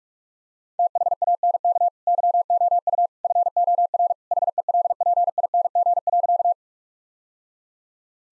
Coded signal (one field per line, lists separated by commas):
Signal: Morse code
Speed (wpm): 46 wpm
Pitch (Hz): 700 Hz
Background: none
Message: THANK YOU FOR HELPING.